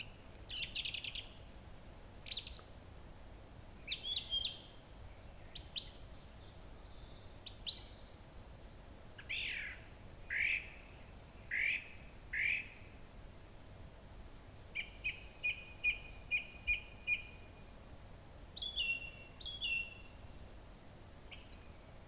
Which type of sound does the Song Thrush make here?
song